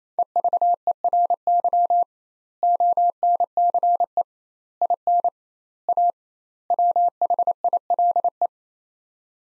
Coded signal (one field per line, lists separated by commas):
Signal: Morse code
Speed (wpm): 28 wpm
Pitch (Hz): 700 Hz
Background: none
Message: EVERY ONCE IN A WHILE